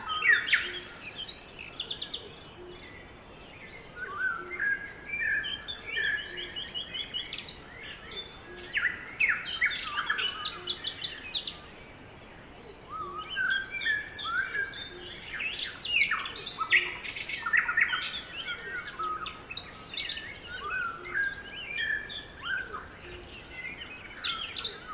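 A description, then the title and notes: Morning birds sing in a dense, overlapping chorus, with bright chirps and short trills arriving almost constantly from several directions, with a few louder bursts. A faint steady outdoor hiss sits underneath throughout. Morning Birds.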